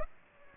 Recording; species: mosquito wingbeat signal from an infrared sensor; Aedes aegypti